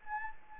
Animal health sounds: mosquito wingbeat signal from an infrared sensor; Anopheles gambiae

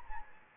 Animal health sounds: mosquito wingbeat signal from an infrared sensor; Anopheles gambiae

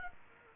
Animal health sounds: mosquito wingbeat signal from an infrared sensor; Culex quinquefasciatus

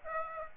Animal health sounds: mosquito wingbeat signal from an infrared sensor; Aedes aegypti

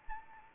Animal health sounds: mosquito wingbeat signal from an infrared sensor; Anopheles arabiensis

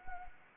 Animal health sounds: mosquito wingbeat signal from an infrared sensor; Anopheles arabiensis

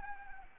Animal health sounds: mosquito wingbeat signal from an infrared sensor; Anopheles arabiensis

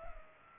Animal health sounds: mosquito wingbeat signal from an infrared sensor; Culex pipiens

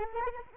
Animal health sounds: mosquito wingbeat signal from an infrared sensor; Anopheles arabiensis

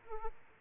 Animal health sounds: mosquito wingbeat signal from an infrared sensor; Aedes aegypti

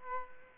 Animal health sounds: mosquito wingbeat signal from an infrared sensor; Aedes aegypti

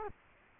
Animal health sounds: mosquito wingbeat signal from an infrared sensor; Culex quinquefasciatus

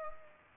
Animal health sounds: mosquito wingbeat signal from an infrared sensor; Culex pipiens

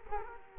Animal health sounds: mosquito wingbeat signal from an infrared sensor; Culex quinquefasciatus

